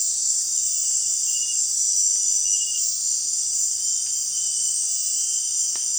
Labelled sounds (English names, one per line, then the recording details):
none
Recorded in dense forest near Puerto Asís, Putumayo, Colombia, on 25 June 2025 at 18:30
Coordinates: 0.466, -76.327
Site GP04